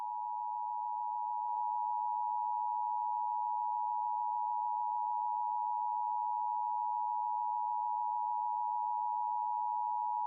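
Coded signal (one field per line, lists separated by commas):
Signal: Emergency Alert System (SAME) tones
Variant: 853 and 960 Hz attention tone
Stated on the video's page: Valid EAS SAME tones in a fictional anime-based alert scenario made with slides.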